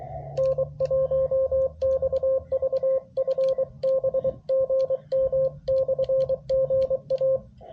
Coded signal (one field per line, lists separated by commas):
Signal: Morse code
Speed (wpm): 23 wpm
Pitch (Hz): 530 Hz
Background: radio noise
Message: N1XV FB GM/GA